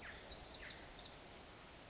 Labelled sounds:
Pacific Wren (Troglodytes pacificus)
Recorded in Sonoma County, California

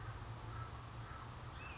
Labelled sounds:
California Towhee (Melozone crissalis)
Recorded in Sonoma County, California

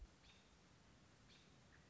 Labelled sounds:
American Robin (Turdus migratorius)
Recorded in Sonoma County, California

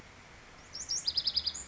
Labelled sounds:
Lazuli Bunting (Passerina amoena)
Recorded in Sonoma County, California

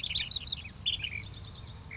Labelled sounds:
Ash-throated Flycatcher (Myiarchus cinerascens)
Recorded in Sonoma County, California

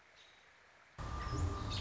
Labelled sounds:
American Robin (Turdus migratorius)
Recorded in Sonoma County, California

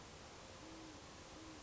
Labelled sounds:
Great Horned Owl (Bubo virginianus)
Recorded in Sonoma County, California

